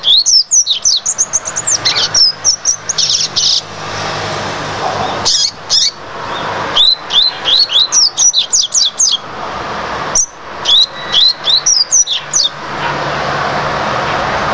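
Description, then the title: Double-collared seedeater song: fast, loud bursts of sharp rising and falling whistled notes, delivered in repeated runs with brief pauses and a steady background hiss. "Canto Coleiro"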